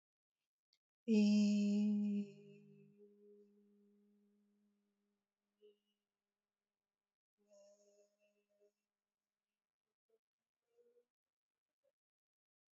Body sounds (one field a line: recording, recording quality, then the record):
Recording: sustained vowel as in beet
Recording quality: excellent, no background noise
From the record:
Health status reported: healthy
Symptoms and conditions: hypertension, diabetes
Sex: female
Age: 62 years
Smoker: not ticked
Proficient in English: yes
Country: India